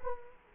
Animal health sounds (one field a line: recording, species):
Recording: mosquito wingbeat signal from an infrared sensor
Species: Culex quinquefasciatus